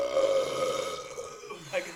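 A single long, voiced belch of about two seconds from an adult man right after quickly drinking a beer: a steady, low, droning tone that slowly fades, ending with a brief louder gulp. This is eructation, the release of swallowed air and gas from the stomach through the mouth.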